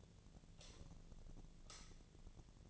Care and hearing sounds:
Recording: daily activity, microphone in the room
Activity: light off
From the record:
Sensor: 4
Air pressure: 1010.7 hPa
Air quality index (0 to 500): 170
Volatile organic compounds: 5 ppm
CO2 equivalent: 1730 ppm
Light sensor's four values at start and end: 38/110/44/44 and 38/108/43/44

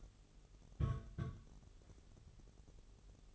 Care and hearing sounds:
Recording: daily activity, microphone in the room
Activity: place on stove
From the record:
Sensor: 4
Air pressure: 989.0 hPa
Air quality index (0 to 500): 209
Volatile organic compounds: 57 ppm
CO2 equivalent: 3383 ppm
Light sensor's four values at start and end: 29/98/36/38 and 29/98/36/38

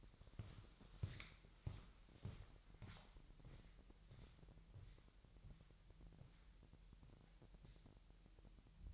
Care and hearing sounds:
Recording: daily activity, microphone in the room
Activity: walk to room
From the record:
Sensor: 3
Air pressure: 1002.0 hPa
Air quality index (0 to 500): 248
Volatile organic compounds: 50 ppm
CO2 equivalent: 3290 ppm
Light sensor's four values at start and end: 9/21/8/8 and 9/21/9/9

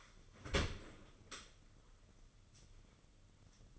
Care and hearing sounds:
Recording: daily activity, microphone in the room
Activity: open dishwasher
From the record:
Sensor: 4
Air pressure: 995.3 hPa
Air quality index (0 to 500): 213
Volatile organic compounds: 244 ppm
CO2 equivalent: 4344 ppm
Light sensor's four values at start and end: 38/118/45/50 and 38/118/45/50

